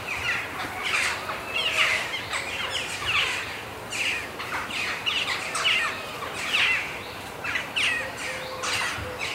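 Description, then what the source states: Western jackdaw calls, a busy chorus of clipped chattering notes from several birds overlapping almost continuously, over steady background noise. Several jackdaws at Whitchurch, 14 June 2014, 15:45; high-pass filtered at 80.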